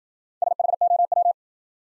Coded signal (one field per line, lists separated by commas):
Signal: Morse code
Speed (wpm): 54 wpm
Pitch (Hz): 700 Hz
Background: none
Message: SHOW